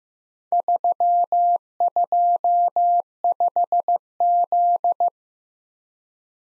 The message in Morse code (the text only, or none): 325Z